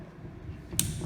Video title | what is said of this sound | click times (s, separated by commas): Redox Flow Battery | okay now you need to tighten at your maximum you will get the click sound like that so | 0.8 s